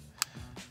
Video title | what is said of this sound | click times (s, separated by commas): How to Install a Delta® Touch2O® Kitchen Faucet with Touchless™ Technology | push them together until they're tight and then clip the pivot clip into place | 0.2 s